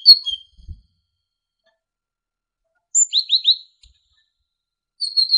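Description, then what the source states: Great tit song: a short high phrase, then three clear downslurred whistles in quick succession, then another high phrase. Indonesian masteran recording of great tit song for training songbirds, uploaded November 2014.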